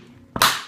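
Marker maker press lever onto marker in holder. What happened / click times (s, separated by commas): The plastic press snapped down with two clicks / 0.4 s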